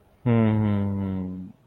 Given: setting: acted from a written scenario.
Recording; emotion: vocal sound without words; sympathy